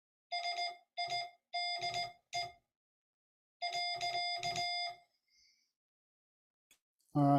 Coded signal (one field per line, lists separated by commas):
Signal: Morse code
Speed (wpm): 18 wpm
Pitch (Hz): 2100 Hz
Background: none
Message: SIDE .